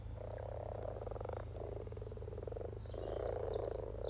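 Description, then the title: Frog chorus of soft rolling croaks in bursts, a steady low hum underneath and a few faint bird notes. About 20 frogs in a sunny garden pond, some floating, some on fresh frogspawn, chorusing to welcome arriving females; Freshfield, Formby, Merseyside, UK; sunny St Patrick's Day, 17 March 2023, spring, lunchtime. "Frog Chorus Spring sounds first Lunch outside St Patrick’s day 17 March 2023 . Freshfield, Formby"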